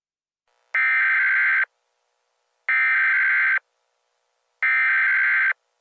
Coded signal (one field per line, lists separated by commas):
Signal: Emergency Alert System (SAME) tones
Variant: header bursts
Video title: EAS Scenario - The Wolves